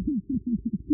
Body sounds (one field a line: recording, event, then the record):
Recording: neck accelerometer signal played as sound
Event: no cough (speech, laughter, throat clearing or background)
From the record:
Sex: male